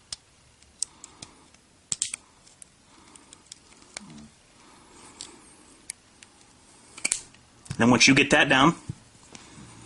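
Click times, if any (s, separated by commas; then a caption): none. A spring-loaded magazine disconnect plunger in the metal frame of an SR9 pistol is being handled and pressed down, with a scatter of sharp small clicks and taps while someone talks near the end. The plunger has not yet pushed up and clicked back into its hole, so nothing has seated or locked into place.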